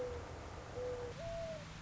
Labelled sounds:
Mourning Dove
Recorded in Sonoma County, California

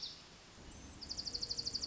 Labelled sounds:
Dark-eyed Junco
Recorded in Sonoma County, California

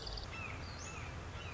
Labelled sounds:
Red-shouldered Hawk
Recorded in Sonoma County, California

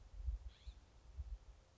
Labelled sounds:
California Scrub-Jay
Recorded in Sonoma County, California

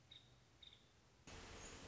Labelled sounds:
Nuttall's Woodpecker
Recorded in Sonoma County, California

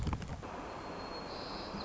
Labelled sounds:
White-crowned Sparrow
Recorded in Sonoma County, California

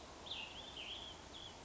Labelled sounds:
Cassin's Vireo
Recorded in Sonoma County, California

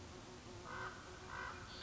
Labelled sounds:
Common Raven
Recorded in Sonoma County, California

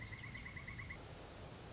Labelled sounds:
Pileated Woodpecker
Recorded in Sonoma County, California

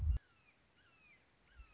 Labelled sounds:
Red-shouldered Hawk
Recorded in Sonoma County, California

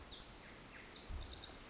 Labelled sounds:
Pacific Wren
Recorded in Sonoma County, California

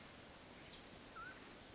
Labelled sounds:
Mountain Quail
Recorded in Sonoma County, California

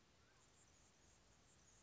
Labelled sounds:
Anna's Hummingbird
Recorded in Sonoma County, California

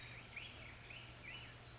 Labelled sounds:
California Towhee
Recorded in Sonoma County, California

